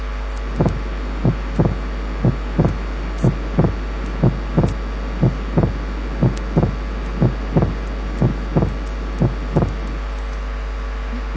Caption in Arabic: بنسمع الوايد سبيتنج بنفس المقدار سواء في الانسبيريشن او في الاكسبيريشن، يعني فيكسد سبيتنج. شايلين التنفس عن طريق فلتر. بيحصل في حالات الاتريال سيبتال ديفكت.